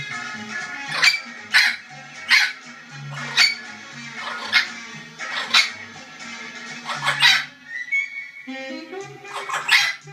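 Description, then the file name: Orange-winged amazon repeating coarse, raspy squawks, ending with a short whistled phrase and more cries. "venesuelskii amazon poyot"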